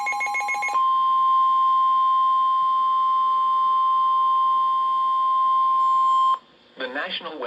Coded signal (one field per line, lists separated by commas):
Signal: Emergency Alert System (SAME) tones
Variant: 1050 Hz attention tone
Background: speech